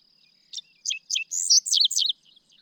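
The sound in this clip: Dickcissel song phrase of a few separate sharp chips speeding into a harsh, buzzy rattling trill, with a faint steady high-pitched whine running underneath.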